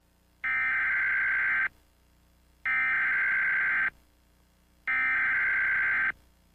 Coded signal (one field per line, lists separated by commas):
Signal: Emergency Alert System (SAME) tones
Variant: header bursts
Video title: DWTD EAS alarm sfx